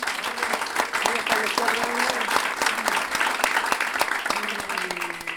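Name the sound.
audience applause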